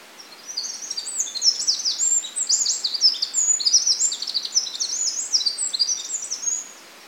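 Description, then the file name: Eurasian wren delivering a long, loud, unbroken torrent of very high, fast, tumbling notes and trills for about six seconds over faint hiss. "Troglodytes troglodytes"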